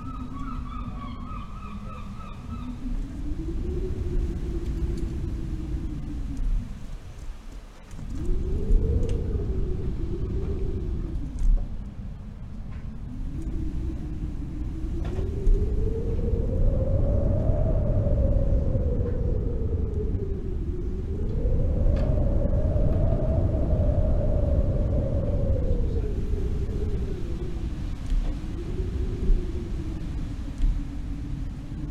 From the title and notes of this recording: This audio track captures the intense and beautiful sound of winds as they sweep across open fields, mountains, and forests. Howling Winds.